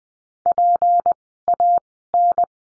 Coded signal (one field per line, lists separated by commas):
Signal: Morse code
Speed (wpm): 20 wpm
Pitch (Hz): 700 Hz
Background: none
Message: PAN